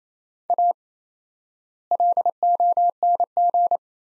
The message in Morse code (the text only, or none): A LONG